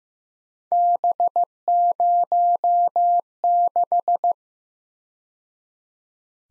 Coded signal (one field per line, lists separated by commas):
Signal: Morse code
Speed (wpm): 18 wpm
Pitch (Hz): 700 Hz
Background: none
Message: B06